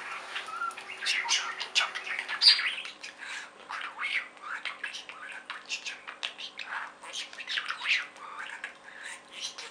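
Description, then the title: Budgerigar chatter, a continuous stream of scratchy squawks and chirps with constant background hum. "Budgie Sounds"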